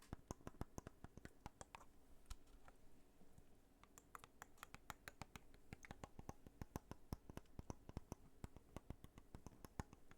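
Sharp, dry taps on a plastic water bottle come in quick, uneven bursts through the whole ten seconds, with a brief lull around the third second. The clicks are crisp, over a faint low rumble.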